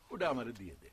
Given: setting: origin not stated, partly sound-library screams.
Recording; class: one-second piece from a danger detection set; normal situation